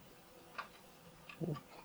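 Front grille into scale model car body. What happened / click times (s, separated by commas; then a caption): The small plastic part snapped into place / 0.6 s. The plastic/die-cast front grille of a scale model 007 Aston Martin DB5 body is pressed into its opening and snaps into place with a sharp click at 0.6 s, confirming it is seated. A fainter tick follows at 1.3 s, then a short, duller low knock around 1.4–1.5 s against a quiet background.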